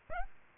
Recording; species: mosquito wingbeat signal from an infrared sensor; Aedes aegypti